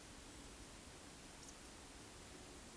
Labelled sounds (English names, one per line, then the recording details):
Eurasian Woodcock whistle
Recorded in Baden-Württemberg, Germany, on 13 June 2021 at 19:59 UTC
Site 23718, 552 m above sea level